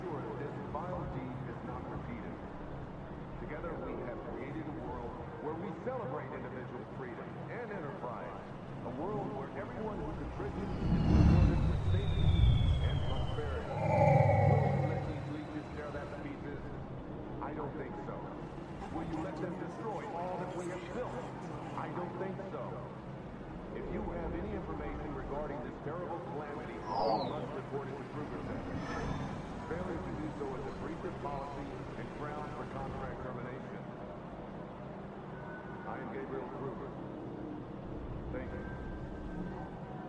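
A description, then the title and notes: A futuristic city ambience: a dense, steady wash of low hum and murmuring voices fills the whole stretch. Around eleven to fifteen seconds a heavier rumble swells with sweeping, whooshing tones, and a brief bright whistle rises near twenty-seven seconds. Futuristic city ambience.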